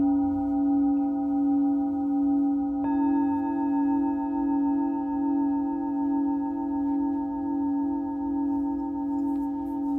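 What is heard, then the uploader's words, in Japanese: A singing bowl rings in a long, steady drone with gently pulsing waves, and a brighter bowl tone joins near three seconds, sustaining throughout. メキシコから シンギングボウルのサウンドヒーリング ライブ。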